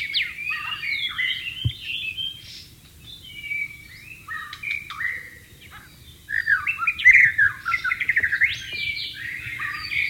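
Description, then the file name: White-rumped shama song of rich whistled and chattering phrases, a quieter stretch in the middle, then a loud energetic burst of varied notes. Wild bird, singing in its natural habitat. "suara burung murai batu di alam liar"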